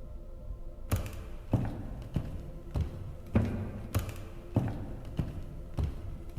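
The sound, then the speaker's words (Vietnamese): Wooden clogs clop in a steady walking rhythm, about ten hard hollow knocks evenly spaced over a low background hum, starting after a brief quiet moment. “Tiếng bước chân lộp cộp của guốc gỗ truyền đến.”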